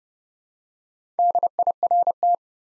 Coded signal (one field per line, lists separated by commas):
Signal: Morse code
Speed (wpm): 32 wpm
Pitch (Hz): 700 Hz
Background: none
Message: DIRT